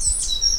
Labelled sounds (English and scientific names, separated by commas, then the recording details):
Stitchbird (Notiomystis cincta) song
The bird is a male
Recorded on Tiritiri Matangi Island, New Zealand, in 2005
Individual 8, of nest box 10